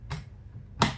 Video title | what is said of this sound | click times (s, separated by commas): Singer 227M - Australian made vintage sewing machine - 1950-1960 | with two clicks on the side. | 0.1 s, 0.8 s